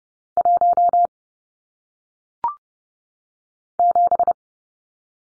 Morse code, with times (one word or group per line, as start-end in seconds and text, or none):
0.4-1.1 1
3.8-4.3 7